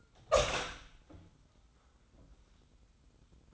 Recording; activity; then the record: daily activity, microphone in the room; open door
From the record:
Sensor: 3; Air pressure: 990.4 hPa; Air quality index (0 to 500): 174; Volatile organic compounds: 1000 ppm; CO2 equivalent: 5647 ppm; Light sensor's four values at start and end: 48/114/47/44 and 48/114/46/44